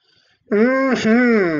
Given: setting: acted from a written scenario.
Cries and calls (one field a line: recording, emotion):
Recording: vocal sound without words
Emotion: pride